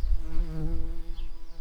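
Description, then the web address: Garden bumblebee buzzing with a low, steady hum and layered overtones, wavering slightly in pitch for the whole short stretch. Worker garden bumblebees. "Hortorum workers"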